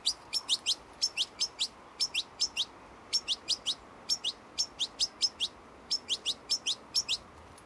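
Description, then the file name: European goldfinch calling: rapid bursts of three or four high, tinkling notes, the groups following each other closely throughout against light background noise. "Carduelis carduelis"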